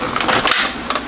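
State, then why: Seated. The outer bowl of a 2021 Ninja Creami ice cream maker, holding the frozen pint and lid, is set on top of the base and turned until it locks, with a steady plastic rattling and scraping throughout and sharp knocks near 0.2 and 0.5 s. A crisp click at 0.9 s marks the bowl assembly seating into the base.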